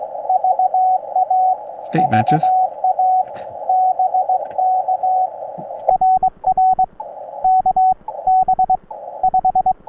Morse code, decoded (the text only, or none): VA VA BK RR KB5